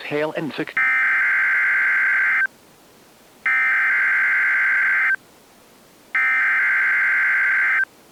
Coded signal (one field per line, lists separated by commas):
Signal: Emergency Alert System (SAME) tones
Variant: header bursts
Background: speech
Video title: (EAS#5) SPECIAL MERINE WARNING (02/27/2023)